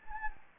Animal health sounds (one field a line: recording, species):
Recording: mosquito wingbeat signal from an infrared sensor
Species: Anopheles gambiae